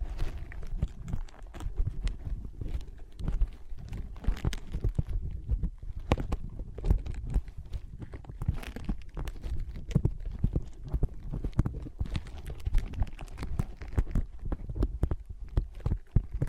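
Rapid tapping and scratching on ear pads, a dense, uneven stream of soft low thumps with brighter clicks scattered throughout. The pace stays busy and steady for the whole stretch, with sharper taps popping out every second or so.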